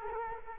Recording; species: mosquito wingbeat signal from an infrared sensor; Culex quinquefasciatus